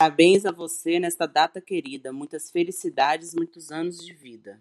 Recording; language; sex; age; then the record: short text; Brazilian Portuguese; female; 40 to 49 years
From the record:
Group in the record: control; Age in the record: 43 years